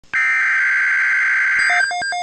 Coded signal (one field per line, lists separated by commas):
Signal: Emergency Alert System (SAME) tones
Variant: header bursts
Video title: Severe Thunderstorm Watch (EAS #369)